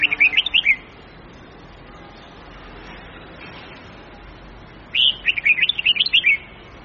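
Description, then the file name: Red-whiskered bulbul singing a lively, bubbling phrase of rapid chirps, then a longer warbled phrase after a gap of about four seconds, with a steady low hiss behind. Huế-type bulbul, long-voice song of 9 to 12 notes, changing its phrasing continuously. "tieng-chao-mao-hue-so-giong-dai-am-9-10-11-12-dao-giong-lien-tuc"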